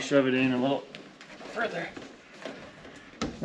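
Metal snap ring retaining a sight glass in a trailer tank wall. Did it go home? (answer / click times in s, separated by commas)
partly / 3.2 s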